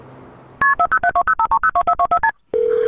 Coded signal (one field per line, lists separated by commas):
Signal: multi-frequency trunk signalling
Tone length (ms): 80 ms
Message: KP407205302424STP